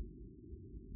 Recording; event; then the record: neck accelerometer signal played as sound; no cough (speech, laughter, throat clearing or background)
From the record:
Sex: female